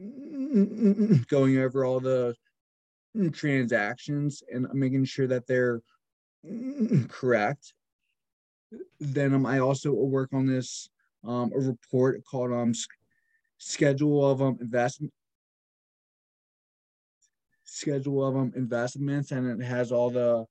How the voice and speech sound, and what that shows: A 26 year old business professional who stutters.